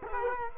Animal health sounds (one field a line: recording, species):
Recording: mosquito wingbeat signal from an infrared sensor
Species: Culex quinquefasciatus